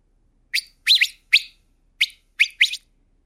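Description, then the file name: Swallow chirps: several sharp, high twittering notes given in quick bursts over about two seconds against silence. "Schwalben"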